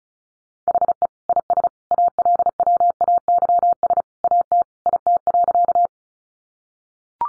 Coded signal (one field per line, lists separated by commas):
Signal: Morse code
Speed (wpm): 34 wpm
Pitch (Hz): 700 Hz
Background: none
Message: HE IS ALWAYS AT IT.